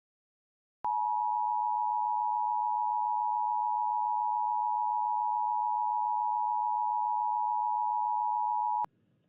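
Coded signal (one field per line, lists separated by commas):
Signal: Emergency Alert System (SAME) tones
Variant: 853 and 960 Hz attention tone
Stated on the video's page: Simulated required monthly test.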